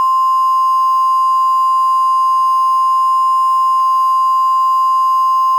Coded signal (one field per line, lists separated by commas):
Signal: Emergency Alert System (SAME) tones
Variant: 1050 Hz attention tone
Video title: EAS Scenario Short: The Outro